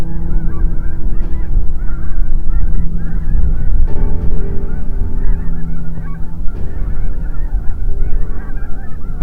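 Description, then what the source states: Loud goose flock honking, a thick unbroken wall of short nasal calls, over a deep rumble and faint steady hum. Large flock of white birds resting on the lake at Goose Lake, Saskatchewan, Canada, first mistaken from afar for reflections on the water.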